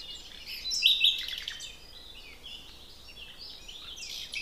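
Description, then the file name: Common nightingale giving a loud burst of clipped whistled notes and rapid chips around one second, followed by softer warbling over a continuous high chorus of other birds. "Luscinia megarhynchos"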